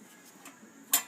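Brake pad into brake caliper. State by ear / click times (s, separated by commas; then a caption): seated / 0.9 s. A metal-backed brake pad is pushed by hand into the PBR brake caliper of a Mustang Cobra, Mach 1 or Bullitt after the piston has been retracted. A faint tick comes at about 0.5 s, then a sharp, bright snap at 0.9 s as the pad seats fully in the caliper.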